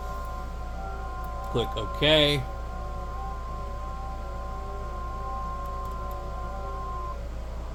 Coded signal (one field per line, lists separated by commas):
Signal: FT8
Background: speech